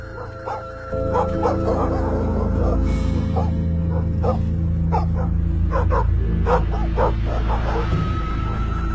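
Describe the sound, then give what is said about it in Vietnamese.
Several village dogs bark loudly and repeatedly in overlapping bursts, with sharp yips mixed in over a steady low droning hum throughout. “Bầy chó ở trong làng tựa như cũng cảm nhận được điều gì, cứ chõ sang bên này mà cắn lên ông ổng.”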